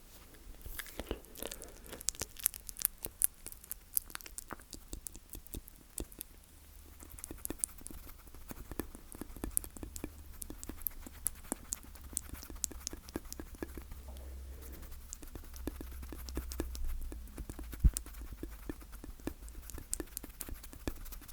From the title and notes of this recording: ASMR Slow Mouth Sounds That Will Make You Tingle.